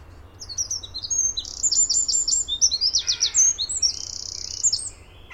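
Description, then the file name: Eurasian wren singing a long, energetic, high-pitched song of fast trills, sharp notes and a buzzing rattle, running continuously through most over faint low background rumble. "Gardsmyg"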